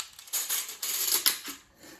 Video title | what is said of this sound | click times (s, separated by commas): How to Disassemble and Reassemble an AR-15 | And then make sure you hear that click of this little pin going back. | 1.3 s